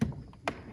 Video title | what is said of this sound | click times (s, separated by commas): Chevy Malibu Door Panel Removal - How To | have that click | 0.5 s